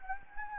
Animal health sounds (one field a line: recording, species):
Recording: mosquito wingbeat signal from an infrared sensor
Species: Anopheles gambiae